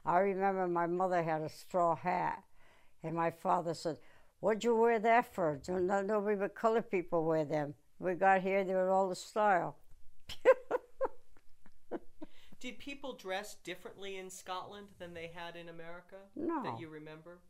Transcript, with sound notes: I remember my mother had a straw hat and my father said, "What did you wear that for? Nobody but colored people wear them." We got here, they were all the style. [Laughs]
Did people dress differently in Scotland than they had in America?
No.
That you remember?